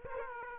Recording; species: mosquito wingbeat signal from an infrared sensor; Aedes aegypti